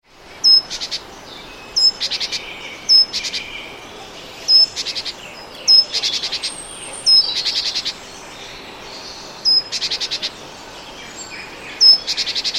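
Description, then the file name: Great tit uttering a string of eight call bouts, each a clear high note and a fast burst of harsh pulses, over steady background noise. "Parus major"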